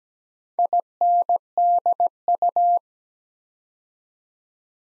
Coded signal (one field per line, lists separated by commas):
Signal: Morse code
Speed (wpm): 17 wpm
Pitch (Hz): 700 Hz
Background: none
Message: INDU